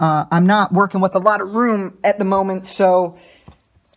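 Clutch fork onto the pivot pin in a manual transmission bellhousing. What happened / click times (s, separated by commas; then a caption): Handled, not yet home: no seating snap heard / none. A person talks while handling a clutch fork that will later be pushed in to snap its hooked retainer onto the pivot pin inside the bellhousing of an R154 manual transmission, in a tight space, during a 2JZ swap into a 240SX. After the talking, a few faint, short ticks come at about 3.5, 3.6 and 3.9 seconds. Nothing has seated or clicked yet.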